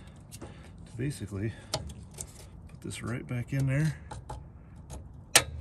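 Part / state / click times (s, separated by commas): LED light housing into trailer hitch receiver / seated / 5.4 s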